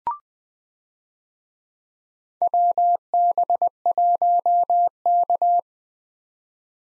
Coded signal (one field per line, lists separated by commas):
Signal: Morse code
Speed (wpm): 20 wpm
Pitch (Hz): 700 Hz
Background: none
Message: WB1K